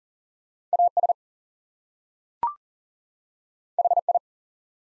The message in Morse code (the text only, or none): AS HI